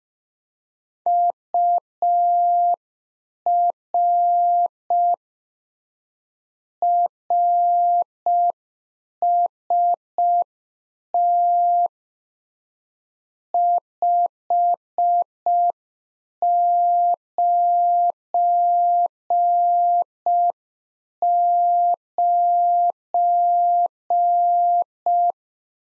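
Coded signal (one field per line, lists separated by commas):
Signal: Morse code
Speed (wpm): 5 wpm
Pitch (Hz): 700 Hz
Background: none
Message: UR RST 599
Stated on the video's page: Beginner practice QSO exchange (RST, QTH, name) at 5 wpm, sent in Morse, then spoken, then sent again for head-copy.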